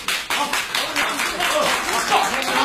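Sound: audience applause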